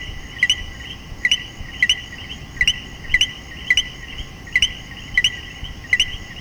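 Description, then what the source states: Coquí giving paired co-qui notes, the second swooping upward, several times in quick succession above a continuous high-pitched chorus. Puerto Rico.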